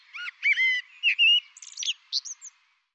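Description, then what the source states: Bird gives a run of whistled, slurred notes, then quicker scratchy chirps and a few final high squeaks. Labelled 'Tu Me Tu Me'; 2025 dataset.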